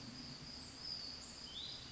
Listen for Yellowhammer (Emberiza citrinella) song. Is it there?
no